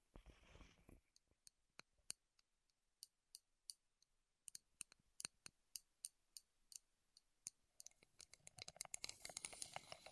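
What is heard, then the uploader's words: Wooden taps and clicks: a short scraping rustle opens the clip, then crisp, sharp taps land one at a time at an uneven pace over a quiet background. Near the end, a dense, bright scratching starts up under the continuing taps. ASMR Wood Triggers in Your Ears (No Talking).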